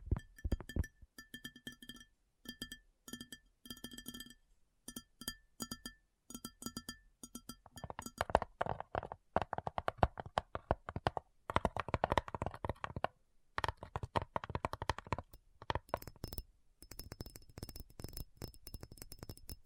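ASMR tapping: quick, crisp taps in dense bursts fill the whole twenty seconds, with brief pauses between runs. The first seven seconds have a ringing, tonal quality, as if tapping on something hard and resonant; later taps turn duller and busier, like fingertips on a keyboard.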